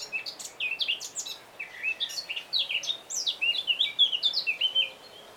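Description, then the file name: Eurasian blackcap song, a continuous fast stream of high, jumping warbled notes. "Sylvia atricapilla"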